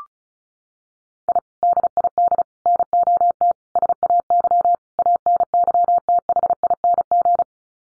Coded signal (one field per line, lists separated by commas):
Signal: Morse code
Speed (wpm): 34 wpm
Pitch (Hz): 700 Hz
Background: none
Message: I DID NOT SAY ANYTHING